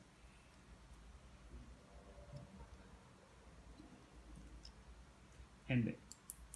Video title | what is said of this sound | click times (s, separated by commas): How to format wanhao i3plus LCD display? | you hear the click yeah which means it's already it's | 6.3 s